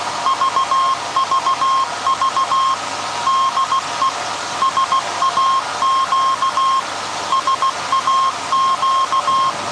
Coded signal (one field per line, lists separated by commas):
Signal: Morse code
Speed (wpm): 16 wpm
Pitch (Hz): 1070 Hz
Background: none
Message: VVV DE SAQ SAQ